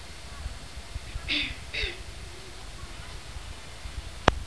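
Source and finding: Adult. Hiccups.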